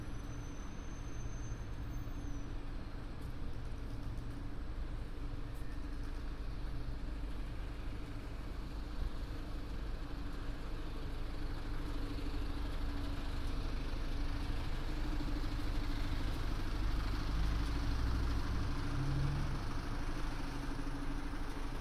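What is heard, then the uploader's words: A London street on New Year's Eve is filled with a steady, dense rumble of engines and passing traffic throughout. A low idling hum holds under everything, growing slightly louder in the second half, with a brief high whine near the start. A walk around London, new years eve.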